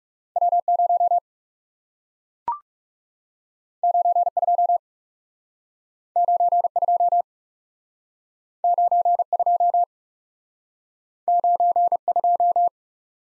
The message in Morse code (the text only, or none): W 0 9 2 9 2 9 2 9 2